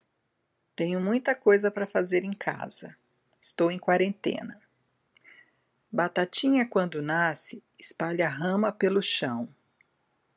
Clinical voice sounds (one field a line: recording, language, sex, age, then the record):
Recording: short text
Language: Brazilian Portuguese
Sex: female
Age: 60 to 69 years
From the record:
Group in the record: control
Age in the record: 60 years